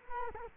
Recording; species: mosquito wingbeat signal from an infrared sensor; Culex quinquefasciatus